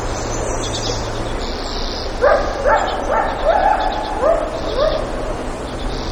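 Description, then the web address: Coyote uttering a string of short, rising yelps in quick series, while faint high chirping sounds carry on in the background. Lake Clark, Alaska; 3 July 2018. "alaska acoustic highlights MAMMALS LACLCHBA 20180703 Coyotes"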